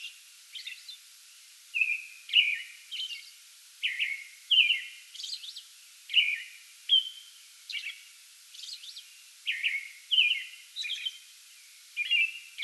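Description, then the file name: American robin song, a continuous series of warbled whistled phrases with some higher notes over a quiet background. Pre-dawn song bout recorded on 8 May 2022. "2022-05-08 American Robin pre-dawn song bout"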